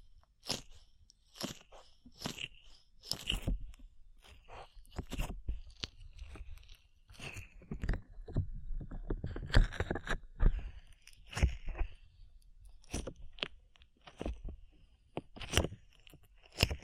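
Slime being squished and pulled, a stream of sticky, wet crackles and pops that sound almost like chewing. Short bursts come every half second or so, with a denser, busier run of crackling around the middle before it thins out again.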